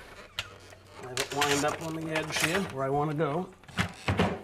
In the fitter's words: all of those and then it snaps in this snaps right into it